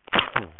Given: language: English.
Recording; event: throat vibration sensor signal played as sound; cough